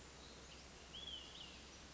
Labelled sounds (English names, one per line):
Olive-sided Flycatcher